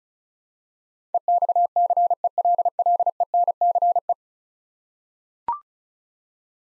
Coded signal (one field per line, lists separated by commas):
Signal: Morse code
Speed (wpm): 36 wpm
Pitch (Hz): 700 Hz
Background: none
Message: EXCELLENCE